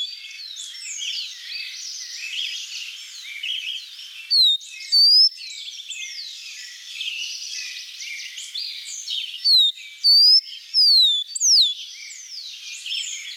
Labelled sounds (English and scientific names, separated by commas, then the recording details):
Rufous-collared Sparrow (Zonotrichia capensis) song
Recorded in the wild
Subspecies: costaricensis
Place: La Pacifica, San José, Umgebung Hotel, CR
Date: 1992-04-23
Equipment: Dat-Recorder Casio DA 7, Telinga DAT, Telinga-Parabolspiegel
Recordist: Schwarz, Dieter
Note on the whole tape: Song